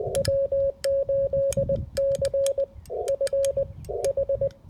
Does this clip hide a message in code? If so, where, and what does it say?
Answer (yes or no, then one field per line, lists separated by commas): yes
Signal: Morse code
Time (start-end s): 0.2-4.5 s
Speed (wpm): 20 wpm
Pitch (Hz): 550 Hz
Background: music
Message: W8CFH